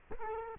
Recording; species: mosquito wingbeat signal from an infrared sensor; Culex quinquefasciatus